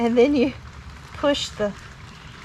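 Someone talks while handling a plastic barbed drip irrigation connector at a freshly punched hole in thick polyethylene drip mainline tubing, with a steady hiss underneath. The connector has not been pushed in yet, and nothing has popped or seated in this clip.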